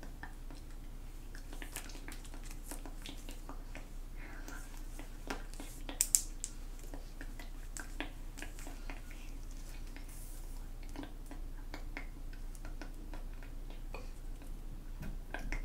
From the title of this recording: Measuring You & Inaudible Whispering